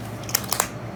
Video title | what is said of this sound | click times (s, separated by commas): LIFE IN MY SHOES - RV Thor OUTLAW Projects | we got all those clicks. Did you hear that snapping? | 0.4 s, 0.5 s, 0.6 s